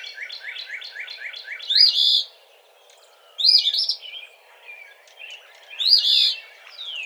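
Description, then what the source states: Eastern phoebe opening with a rapid run of stuttering chips, then three harsh, buzzy phrases. Recorded 17 March 2007.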